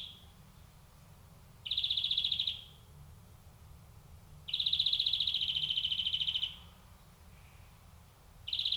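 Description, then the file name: European greenfinch giving long buzzy wheezes at a steady pitch, one about a second long and one about two seconds. "Chloris chloris"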